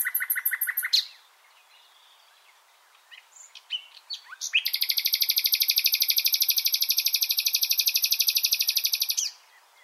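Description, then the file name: Common nightingale song: a quick pulsed trill, scattered soft notes, then a long, loud, very even high trill lasting about five seconds. "Luscinia megarhynchos"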